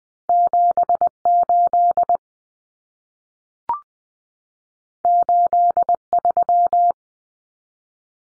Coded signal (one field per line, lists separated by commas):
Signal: Morse code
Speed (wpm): 20 wpm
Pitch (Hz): 700 Hz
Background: none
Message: 78 83